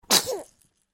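A single sneeze from an adult: a sharp, hissy, high-pitched burst that fades out within about half a second.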